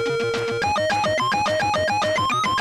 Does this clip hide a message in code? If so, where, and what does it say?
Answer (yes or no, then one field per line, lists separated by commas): no